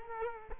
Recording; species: mosquito wingbeat signal from an infrared sensor; Culex quinquefasciatus